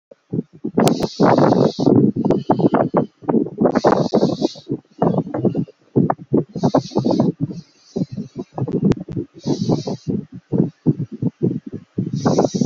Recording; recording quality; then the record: deep breathing; excellent, no background noise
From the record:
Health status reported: healthy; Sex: male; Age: 32 years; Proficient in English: yes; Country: Canada